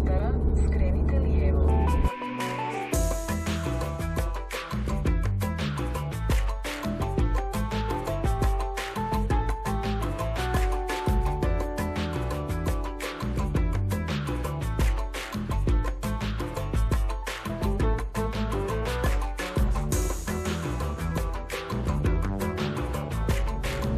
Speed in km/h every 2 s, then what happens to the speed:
34, 35, 34, 36, 40, 44, 48, 50, 49, 48, 49, 49.
0-5 steady at about 34. 5-13 speeds up to 50. 13-24 steady at about 49.